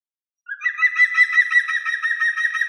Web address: Picus viridis